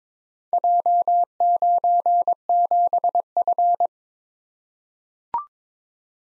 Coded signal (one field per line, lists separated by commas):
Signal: Morse code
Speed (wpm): 22 wpm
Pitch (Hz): 700 Hz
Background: none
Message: J97F